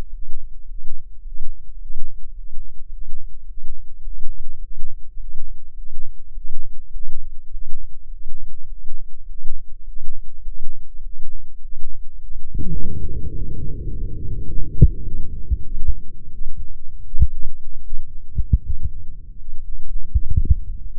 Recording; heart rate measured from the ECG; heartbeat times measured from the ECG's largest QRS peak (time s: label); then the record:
heart sounds by microphone in the left ear; 98 bpm
0.06 s: heartbeat
0.62 s: heartbeat
1.18 s: heartbeat
1.74 s: heartbeat
2.30 s: heartbeat
2.86 s: heartbeat
3.42 s: heartbeat
3.99 s: heartbeat
4.55 s: heartbeat
5.13 s: heartbeat
5.71 s: heartbeat
6.29 s: heartbeat
6.88 s: heartbeat
7.46 s: heartbeat
8.05 s: heartbeat
8.64 s: heartbeat
9.23 s: heartbeat
9.81 s: heartbeat
10.39 s: heartbeat
10.98 s: heartbeat
11.57 s: heartbeat
12.16 s: heartbeat
12.74 s: heartbeat
13.32 s: heartbeat
13.89 s: heartbeat
14.46 s: heartbeat
15.03 s: heartbeat
15.63 s: heartbeat
16.30 s: heartbeat
17.03 s: heartbeat
17.81 s: heartbeat
18.61 s: heartbeat
19.36 s: heartbeat
20.11 s: heartbeat
20.86 s: heartbeat
From the record:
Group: healthy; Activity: Valsalva maneuver 0-14 s, rest 14-21 s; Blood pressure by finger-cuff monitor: 83/59 mmHg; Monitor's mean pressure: 67 mmHg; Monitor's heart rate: 102 bpm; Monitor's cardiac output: 7.8 L/min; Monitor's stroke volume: 77 mL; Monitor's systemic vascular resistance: 590 dyn s/cm5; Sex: male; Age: 23 years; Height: 178 cm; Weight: 96.6 kg